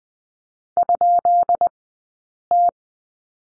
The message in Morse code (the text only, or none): ?T